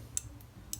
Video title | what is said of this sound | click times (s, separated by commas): Wickham 1912 "Scottish Heather", RazoRock Wunderbar, Wolf Whiskers Purple Haze! | you've got to literally click it on. Do you hear that click? That click? | 0.2 s, 0.7 s